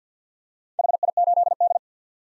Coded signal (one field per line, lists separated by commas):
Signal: Morse code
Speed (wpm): 50 wpm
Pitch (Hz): 700 Hz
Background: none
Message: HI8D